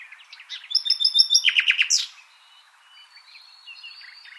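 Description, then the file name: Common nightingale song: high repeated piping notes lead into a loud rapid rattle and a sharp whistle, followed by soft scattered notes. "Luscinia megarhynchos"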